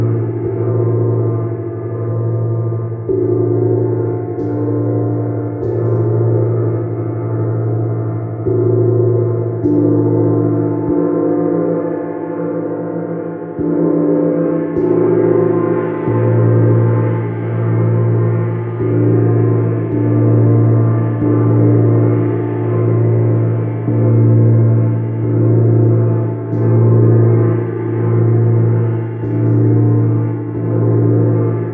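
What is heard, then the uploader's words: A gong hums with a dense, sustained shimmer, its low tones sitting strong beneath layered overtones. The sound swells and settles in slow waves roughly every three seconds, with soft strikes refreshing it, growing fuller and brighter after about fifteen seconds. Vibrations from Sidereal Moon Gong.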